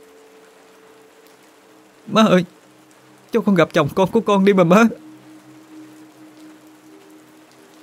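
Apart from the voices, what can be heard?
rain falling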